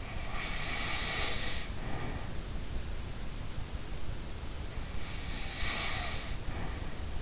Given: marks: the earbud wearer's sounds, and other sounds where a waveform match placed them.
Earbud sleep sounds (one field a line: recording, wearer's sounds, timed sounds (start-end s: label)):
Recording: sounds in sleep by an in-ear microphone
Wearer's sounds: snoring breath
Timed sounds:
0.00-2.40 s: snoring breath
5.03-7.12 s: snoring breath